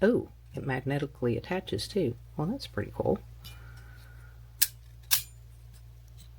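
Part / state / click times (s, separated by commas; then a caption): action camera into magnetic pivot stand mount / seated / 4.6 s. Someone talks as a small Insta360 GO Ultra action camera is placed on its magnetic pivot stand mount. It snaps on with a sharp hit at 4.6 s, followed by another short knock. The camera not only attaches magnetically but locks into place and sits tight.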